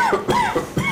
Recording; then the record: coughing mixed with background sound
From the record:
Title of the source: Mid-morning Winter Coughing Fit